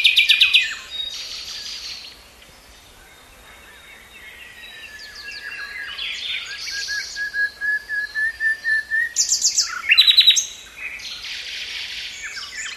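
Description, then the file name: Common nightingale song: a loud opening phrase, a long soft pause, then a crescendo of slow, pure whistled notes, an abrupt loud rattling flourish, and a softer buzzy phrase to finish. "Luscinia megarhynchos"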